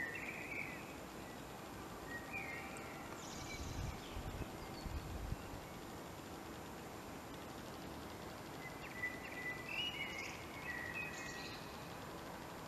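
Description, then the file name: Common blackbird song: faint fluted phrases spaced far apart, with thin high twitters, and soft low rumbling in between. "Turdus merula"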